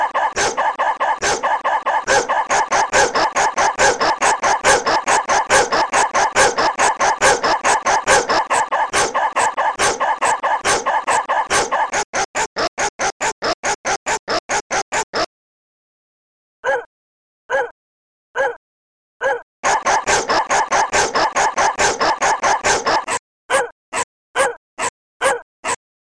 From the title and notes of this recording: Industrial, but instead of machine noises, dogs barking.